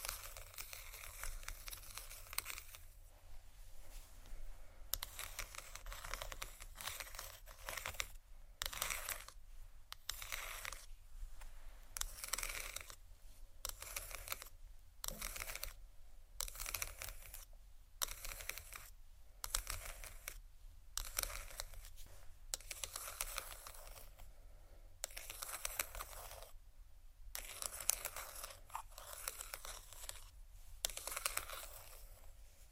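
Soft tapping and crinkling on plastic comes in dense, bright bursts with short pauses, over a low steady hum throughout.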